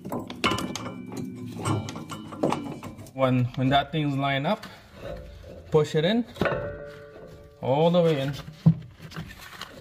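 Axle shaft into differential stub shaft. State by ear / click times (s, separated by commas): seated / 9.6 s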